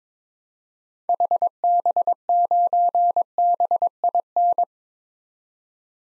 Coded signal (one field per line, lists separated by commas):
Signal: Morse code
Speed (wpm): 22 wpm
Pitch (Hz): 700 Hz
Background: none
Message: HB9BIN